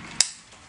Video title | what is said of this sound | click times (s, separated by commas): XO Series Presentation | Clicks into place, you're good to go. | 0.2 s